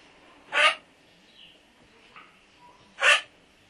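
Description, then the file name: Duck giving two short, harsh, rasping calls about two and a half seconds apart, with faint softer sounds between. "Anas"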